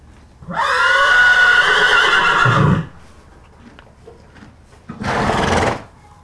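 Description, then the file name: Horse neighing in a long, shrill whinny lasting about two seconds, then a shorter, breathy second call after a pause. "cheval"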